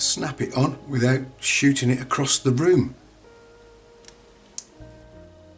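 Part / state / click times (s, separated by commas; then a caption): E-clip onto RC shock absorber shaft / seated / 4.6 s. A small metal E-clip is pressed with pliers into the slots at the top of a shock absorber shaft on a Tamiya Lunchbox Evo RC build. Someone talks for the first three seconds, then a faint tick comes at 4.1 s before a sharp click at 4.6 s as the clip snaps into place. The E-clip is seated on the shaft.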